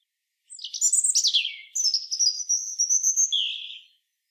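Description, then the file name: European robin with one long, sustained phrase of high warbling: quick sliding notes, then a thin, even trill running on before a lower finish. "Erithacus rubecula"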